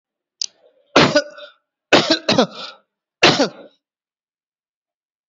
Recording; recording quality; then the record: shallow voluntary cough; excellent, no background noise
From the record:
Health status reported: COVID-19 positive, mild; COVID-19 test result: positive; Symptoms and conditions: cough, breathing difficulty, fever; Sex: male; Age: 38 years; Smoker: not ticked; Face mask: worn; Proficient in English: yes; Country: India